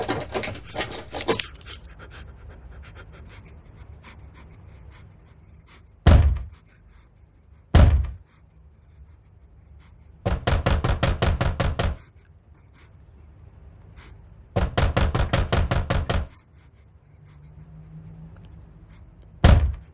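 A door handle is yanked and the front door rattles in two loud, rapid bursts of clattering, with single heavy thumps before and after; low hum fills the quiet gaps.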